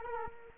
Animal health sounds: mosquito wingbeat signal from an infrared sensor; Culex quinquefasciatus

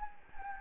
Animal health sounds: mosquito wingbeat signal from an infrared sensor; Anopheles gambiae

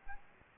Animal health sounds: mosquito wingbeat signal from an infrared sensor; Aedes aegypti

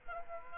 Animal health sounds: mosquito wingbeat signal from an infrared sensor; Aedes aegypti

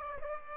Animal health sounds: mosquito wingbeat signal from an infrared sensor; Aedes aegypti

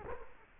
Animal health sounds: mosquito wingbeat signal from an infrared sensor; Culex quinquefasciatus

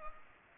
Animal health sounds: mosquito wingbeat signal from an infrared sensor; Culex pipiens

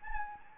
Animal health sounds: mosquito wingbeat signal from an infrared sensor; Anopheles gambiae

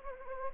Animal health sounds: mosquito wingbeat signal from an infrared sensor; Anopheles gambiae

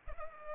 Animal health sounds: mosquito wingbeat signal from an infrared sensor; Culex pipiens

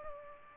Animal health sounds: mosquito wingbeat signal from an infrared sensor; Aedes aegypti

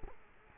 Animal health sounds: mosquito wingbeat signal from an infrared sensor; Culex quinquefasciatus

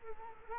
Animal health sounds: mosquito wingbeat signal from an infrared sensor; Culex quinquefasciatus

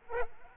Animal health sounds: mosquito wingbeat signal from an infrared sensor; Culex quinquefasciatus

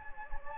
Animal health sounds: mosquito wingbeat signal from an infrared sensor; Anopheles gambiae

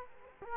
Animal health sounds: mosquito wingbeat signal from an infrared sensor; Culex quinquefasciatus

